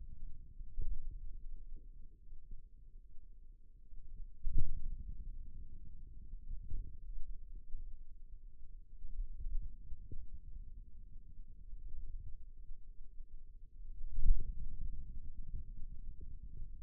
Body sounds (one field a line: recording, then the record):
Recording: forearm muscle sounds (acoustic myography)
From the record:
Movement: pen grasping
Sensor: system 2, bracelet of six BSWA MPA416 microphones around the upper forearm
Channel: 3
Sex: male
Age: 22 years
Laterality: right